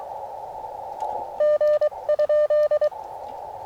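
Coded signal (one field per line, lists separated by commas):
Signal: Morse code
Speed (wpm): 22 wpm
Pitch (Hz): 590 Hz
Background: none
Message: G?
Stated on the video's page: CW Parks on the Air activation at US-5221 using a 9:1 random wire antenna; band conditions poor, slow start.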